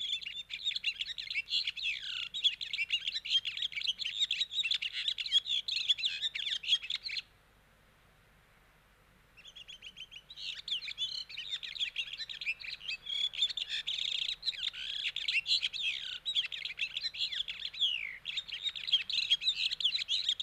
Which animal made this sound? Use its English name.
European Serin